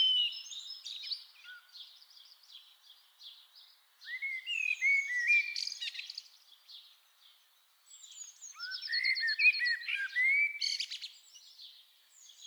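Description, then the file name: Common blackbird with two song phrases: soft high twittering, then mellow whistled notes capped by squeaky high bursts, a pause, and a second similar phrase. "Turdus merula"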